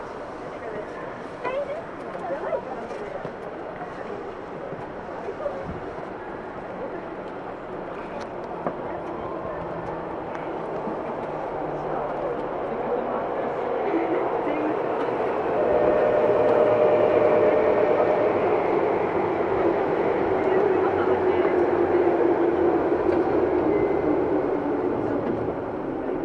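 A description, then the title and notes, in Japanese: A Tokyu 2000 series train running between Shibuya and Azamino, a steady rolling rumble with scattered clicks and faint voices early on. The noise swells from about fifteen seconds, when a thin steady whine appears, then a gliding motor tone near twenty seconds. 東急2000系 渋谷〜あざみ野。急行運用を録音。ステンレス鋼製20m級軽量車体の4扉車である。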